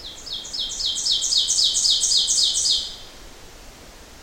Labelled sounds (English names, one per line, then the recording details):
Ovenbird song
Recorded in boreal forest in Alberta, Canada, on 12 June 2016 at 07:15
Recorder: SongMeter 3, array SBT-3-18
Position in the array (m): 60 m, 315 m
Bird 32